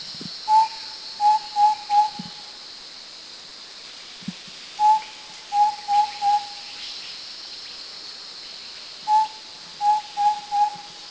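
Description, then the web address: Fluffy-backed tit-babbler song: short phrases of four low, pure whistled notes on one steady pitch, repeated about every four seconds over faint insect hiss. Song; Krung Ching, Thailand. "Thailand Krung Ching 09 Fluffy-backed Tit Babbler Song"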